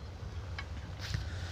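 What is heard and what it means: The timing chain guide of a Bajaj Platina 100cc Comfortec new-model motorcycle engine is fitted so it locks into the crank in the engine crankcase from the clutch side. Over a steady low hum, one sharp hit sounds at 0.6 s as the guide seats and locks into place.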